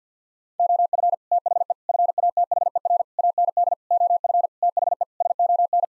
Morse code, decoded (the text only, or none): OF THE FATHER AND OF THE SON